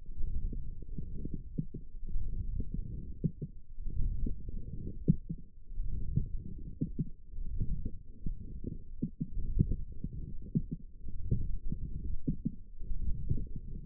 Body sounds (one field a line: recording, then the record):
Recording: forearm muscle sounds (acoustic myography)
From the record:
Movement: forearm pronation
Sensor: system 1, eight BSWA MPA416 microphones around the upper forearm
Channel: 1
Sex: male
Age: 21 years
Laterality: right